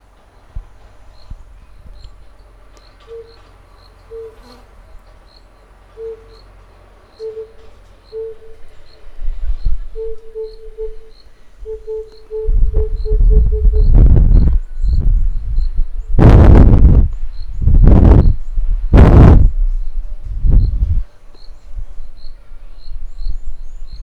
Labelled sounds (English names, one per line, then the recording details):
Tambourine Dove
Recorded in northern Uganda